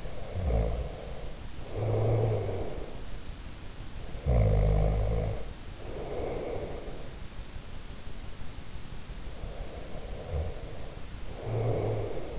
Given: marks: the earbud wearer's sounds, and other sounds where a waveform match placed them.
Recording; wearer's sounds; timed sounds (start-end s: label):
sounds in sleep by an in-ear microphone; snoring breath
0.00-2.96 s: snoring breath
4.02-7.19 s: snoring breath
9.28-12.39 s: snoring breath